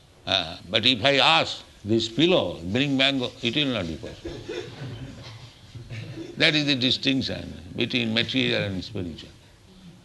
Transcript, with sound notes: But if I ask this pillow, "Bring mango," it will not be possible. [laughter]
That is the distinction between material and spiritual.